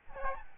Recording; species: mosquito wingbeat signal from an infrared sensor; Aedes albopictus